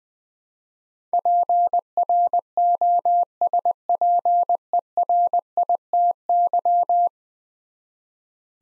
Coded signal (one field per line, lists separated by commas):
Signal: Morse code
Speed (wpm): 20 wpm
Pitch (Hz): 700 Hz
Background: none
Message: PROSPERITY